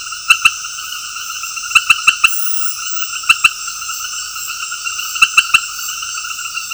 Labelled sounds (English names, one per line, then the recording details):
none
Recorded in secondary vegetation near Puerto Asís, Putumayo, Colombia, on 19 February 2024 at 21:00
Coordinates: 0.481, -76.323
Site G6376